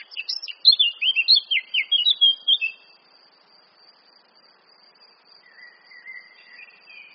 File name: Sylvia atricapilla